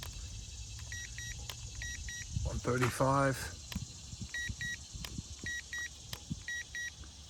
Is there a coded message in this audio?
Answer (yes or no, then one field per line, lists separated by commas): no